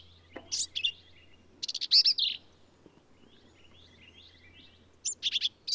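Black-capped vireo song: short, rapid, chattering phrases mixing sharp and slurred notes, given in bursts separated by pauses.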